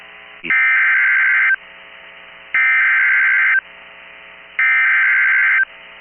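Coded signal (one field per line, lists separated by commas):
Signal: Emergency Alert System (SAME) tones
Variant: header bursts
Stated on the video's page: NOAA Weather Radio EAS alerts from Big Spring and Fort Worth, Texas transmitters.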